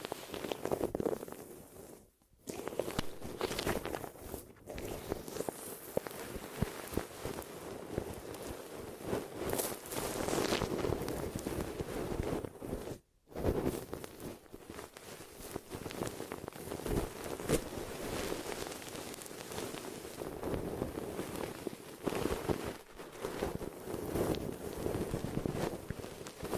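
Glue ear massage and cleaning: a dense, close rubbing and scratching texture that runs almost continuously, with a strong low-mid body and bright crackly edges. Brief total silences cut in near 2, 13 and 23 seconds, with a few sharper swipes between.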